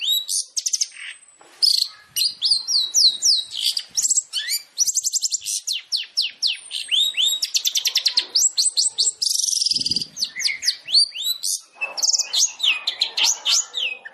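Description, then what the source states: Long-tailed shrike song: a rapid, varied chatter of sharp rising and falling whistles, harsh buzzy bursts and clipped notes that tumble together almost without pause. Long-tailed shrike (cendet) song in the full 'tembakan' style, used as masteran training material for other shrikes to learn from.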